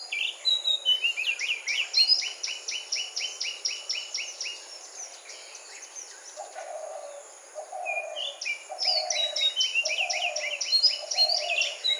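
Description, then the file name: Magpie-robin song in a morning chorus: rapid, steady runs of high chirping notes and brief sweet whistles, with a low hooting series from another bird. Recorded during a morning chorus. "Magpie robin in morning chorous"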